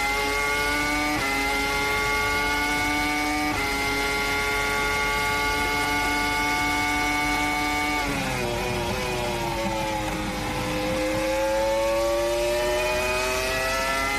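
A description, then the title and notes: A Formula One race car's engine holds a loud, steady high whine, stepping up through gears, then dips around eight seconds and climbs again. Formula One Race Car.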